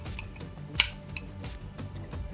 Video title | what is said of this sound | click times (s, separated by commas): Lotus Europa - Ep 25: Refurbishing driveshafts | you heard the click. | 0.8 s